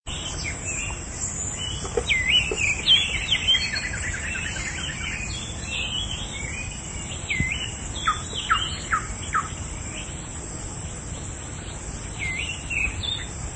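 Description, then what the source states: Oriental magpie-robin song: varied clear whistled phrases with rising and falling notes, over a steady high insect drone. Subspecies problematicus; among mixed birds.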